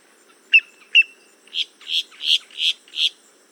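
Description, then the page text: Boat-tailed grackle calls: two sharp clipped notes, then five harsh noisy bursts repeated roughly three times a second. "Лодкохвостый гракл (Quiscalus major)"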